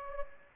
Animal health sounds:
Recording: mosquito wingbeat signal from an infrared sensor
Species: Anopheles gambiae

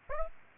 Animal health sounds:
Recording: mosquito wingbeat signal from an infrared sensor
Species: Aedes aegypti

